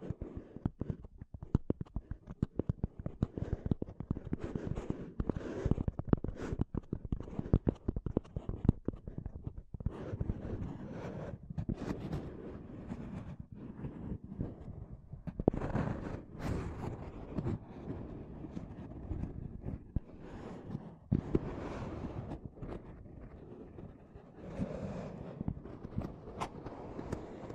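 Intense tapping and scratching on a microphone, a dense, constant stream of sharp knocks and rough rubbing. Heavy, low thuds dominate, with brighter scrapes bursting through around 6, 16 and 21 seconds. The pace stays busy throughout with no pauses.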